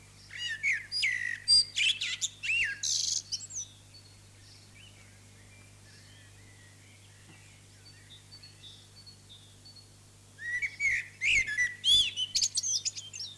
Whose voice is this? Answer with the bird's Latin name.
Turdus merula